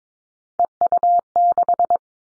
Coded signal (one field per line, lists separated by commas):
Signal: Morse code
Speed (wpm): 22 wpm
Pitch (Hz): 700 Hz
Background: none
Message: EU6